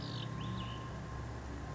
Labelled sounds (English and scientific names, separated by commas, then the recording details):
Cassin's Vireo (Vireo cassinii)
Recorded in Sonoma County, California